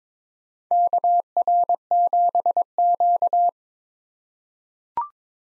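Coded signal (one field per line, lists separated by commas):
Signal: Morse code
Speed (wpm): 22 wpm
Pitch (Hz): 700 Hz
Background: none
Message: KR7Q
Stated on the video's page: Computer-generated head-copy drill of common SOTA chaser callsigns at 22 wpm, each sent in Morse, spoken, then sent again.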